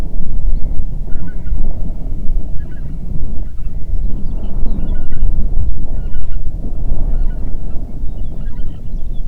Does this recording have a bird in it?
yes